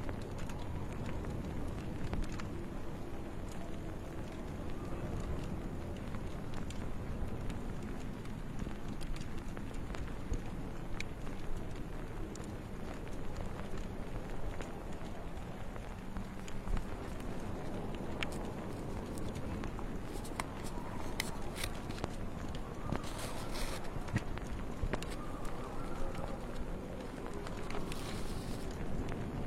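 Steady low rumbling wind fills the recording, dense and constant, with scattered sharp crackles and brief bright ticks, busier after twenty seconds.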